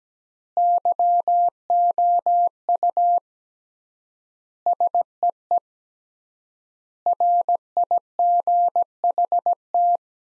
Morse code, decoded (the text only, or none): YOU SEE RIGHT